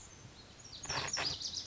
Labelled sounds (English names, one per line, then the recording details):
Lazuli Bunting
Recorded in Sonoma County, California